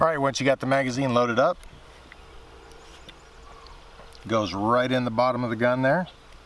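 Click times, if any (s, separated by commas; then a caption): none. Someone talks while a loaded detachable box magazine is brought up to the magazine well in the bottom of a Marlin Model 795 .22 semi-auto rifle. Between the speech there are a few faint handling ticks around 2.1, 3.1, 3.7 and 4.2 seconds. The magazine has not seated or clicked yet.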